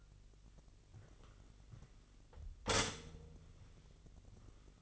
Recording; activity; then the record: daily activity, microphone in the room; stop toaster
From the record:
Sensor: 4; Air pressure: 1002.8 hPa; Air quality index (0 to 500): 235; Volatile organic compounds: 16 ppm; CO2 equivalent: 2547 ppm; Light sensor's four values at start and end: 21/74/27/27 and 19/66/24/24